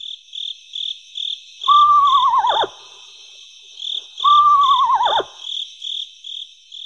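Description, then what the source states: Screech owl whinny: two descending, quavering whistles about two and a half seconds apart, over steady pulsing insect chirps. Sounds like a trembling in the trees, likened to little ponies in the trees.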